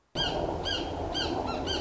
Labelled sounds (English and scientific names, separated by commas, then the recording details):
Song Sparrow (Melospiza melodia)
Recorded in Sonoma County, California